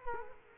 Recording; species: mosquito wingbeat signal from an infrared sensor; Culex quinquefasciatus